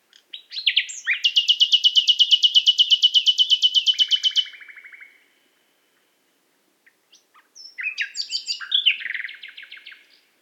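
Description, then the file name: Common nightingale song with a long, even, rattling trill of rapid notes lasting several seconds, a lower trill, then quiet clicks and a chattering phrase. "Luscinia megarhynchos"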